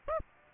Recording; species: mosquito wingbeat signal from an infrared sensor; Aedes aegypti